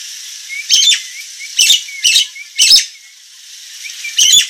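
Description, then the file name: Nias hill myna with rough, buzzy squawks at irregular intervals, interspersed with thin whistles, against a constant hiss. Bird in full, active song (gacor), described as loud and noisy. "Kicau Jalak Nias Gacor Suara Berisik"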